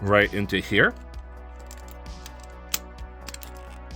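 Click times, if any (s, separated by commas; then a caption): 2.7 s. Someone talks briefly as the belly/torso panel of a plastic transforming robot figure is folded up and pushed so its peg goes into the matching hole in the body socket. A sharp click at 2.7 s marks the peg seating and locking into place, followed by a few faint handling ticks around 3.3–3.4 s.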